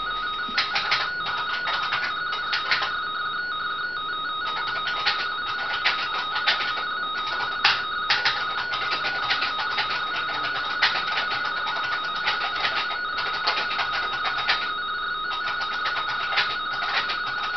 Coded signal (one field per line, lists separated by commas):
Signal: RTTY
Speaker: Vemos que tenemos la portadora acogida. Y creo que